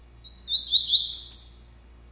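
Double-collared seedeater singing a rapid string of high sweet warbled notes that climbs into bright ringing whistles before trailing off.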